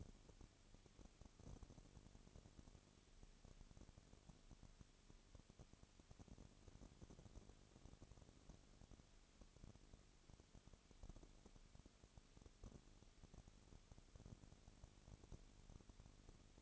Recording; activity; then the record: daily activity, microphone in the room; no activity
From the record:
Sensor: 4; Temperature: 22.3 degrees Celsius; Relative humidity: 32.7%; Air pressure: 1001.9 hPa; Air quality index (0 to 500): 186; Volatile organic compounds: 4 ppm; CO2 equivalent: 1640 ppm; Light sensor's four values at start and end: 2/3/1/1 and 2/3/1/1